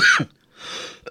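A single sharp cough burst from an adult with a recent cold, followed by a long breathy intake and a faint second catch.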